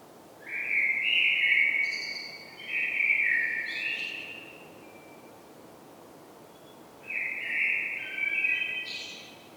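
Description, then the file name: Common blackbird giving three mellow warbled phrases; the first two run close together, the third comes after a pause and ends with a higher squeaky flourish. "Turdus merula"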